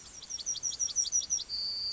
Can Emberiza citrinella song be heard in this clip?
yes